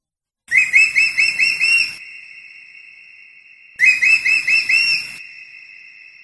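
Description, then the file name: Eagle calling in two short series of rapid, high, thin whistled notes, the bursts about three seconds apart over a faint continuous tone. "aigle"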